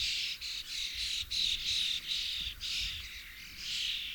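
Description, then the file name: Common starling calls, a steady run of harsh, noisy chatter and clicks with a few whistled notes, carrying on with only brief pauses. "Storno Sturnus vulgaris FEDERICO Lionel"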